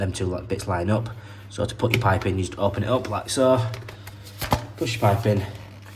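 Someone talks while a basin trap's plastic locking collar is opened and a plastic waste pipe is pushed into it, with two brief sharp handling sounds at about 4.1 and 4.5 seconds. The clip ends before the collar is locked, so nothing has seated or clicked yet.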